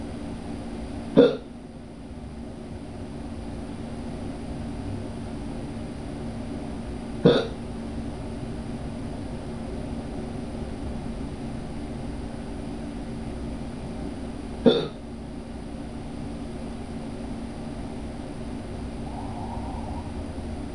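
An adult man's hiccups: three sharp, brief hiccups spaced roughly six to seven seconds apart, about ten a minute, with a steady low background hum between them. Each is a quick involuntary gulp-like click, typical of ordinary hiccups.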